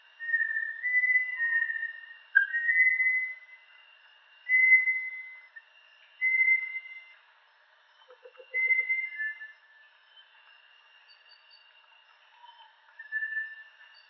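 Bartlett's tinamou singing a series of clear, sustained whistles, each about a second long, at varying pitch, with a longer pause before the last.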